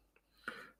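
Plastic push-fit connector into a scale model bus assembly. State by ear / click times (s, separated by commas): seated / 0.5 s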